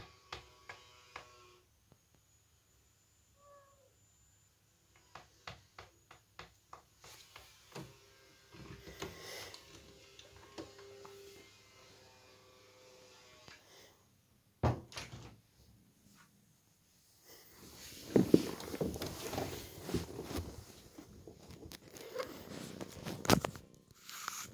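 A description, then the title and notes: A cat knocks and paws at a door: sparse taps and clicks at first, a faint short meow near three seconds, a sharp thump around fifteen seconds, then louder, denser scratching and rattling through the last seven seconds. My cute cat knocking on the door for me to open it for her.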